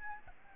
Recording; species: mosquito wingbeat signal from an infrared sensor; Aedes albopictus